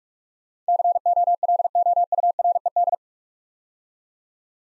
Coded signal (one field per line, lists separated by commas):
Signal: Morse code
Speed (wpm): 44 wpm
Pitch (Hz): 700 Hz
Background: none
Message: COLOURED